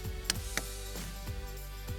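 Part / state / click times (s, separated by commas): torque wrench on wheel lug nut / torque reached / 0.3 s, 0.6 s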